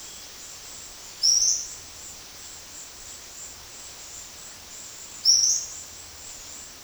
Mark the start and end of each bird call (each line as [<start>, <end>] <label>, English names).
[1.20, 1.70] Tropical Kingbird
[5.22, 5.66] Tropical Kingbird